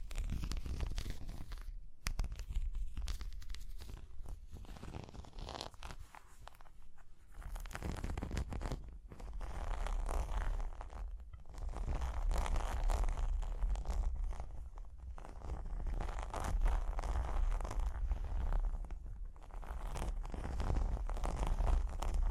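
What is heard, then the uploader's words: Tapping and scratching run through all 22 seconds as a dense stream of quick, uneven clicks and raspy scrapes, like a zipper being worked. A low rumble sits underneath, and the scratching swells louder around the middle and again near the end. Tapping and Scratching (No Talking).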